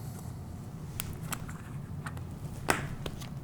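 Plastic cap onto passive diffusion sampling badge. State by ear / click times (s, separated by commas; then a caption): seated / 2.7 s. A plastic cap is pressed down onto a passive diffusion sampling badge resting on a hard surface. Several small clicks and taps are heard over a low hum, with the loudest sharp snap at 2.7 s as the cap seats. The cap snaps on and is affixed.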